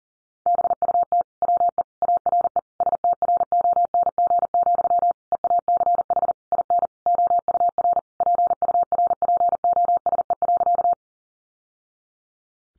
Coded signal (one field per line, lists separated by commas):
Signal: Morse code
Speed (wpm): 37 wpm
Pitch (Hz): 700 Hz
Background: none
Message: BUT WE ARE STRONG, EACH IN OUR PURPOSE.